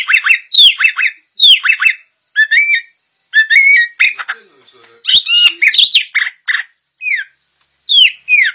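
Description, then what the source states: Puff-throated babbler song: loud, rich whistled phrases of sharply falling notes, repeated in quick bursts with short pauses, mixed with some harsher squawky notes. Local name Samyong; described as gacor, actively and constantly singing.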